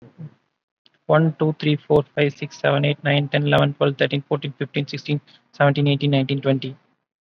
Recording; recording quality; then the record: counting at a normal pace; excellent, no background noise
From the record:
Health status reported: COVID-19 positive, mild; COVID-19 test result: positive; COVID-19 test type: RT-PCR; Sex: male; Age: 33 years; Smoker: no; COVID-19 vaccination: one dose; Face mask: not worn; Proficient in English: yes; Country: India